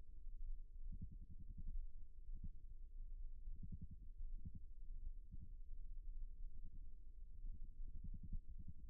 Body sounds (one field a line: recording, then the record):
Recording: forearm muscle sounds (acoustic myography)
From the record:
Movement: rest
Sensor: system 1, eight BSWA MPA416 microphones around the upper forearm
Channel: 8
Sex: male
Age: 54 years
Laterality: right